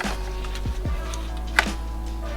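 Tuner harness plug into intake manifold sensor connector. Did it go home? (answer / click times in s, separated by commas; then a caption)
no / none. A JB4 tuner harness's plastic plug is handled at the intake manifold sensor connector on a BMW F-series N55 engine, over a steady low hum with music in the background. Soft taps come near 0.0 s and 1.1 s, and a sharper, louder tap at 1.6 s. Nothing has seated or clicked yet.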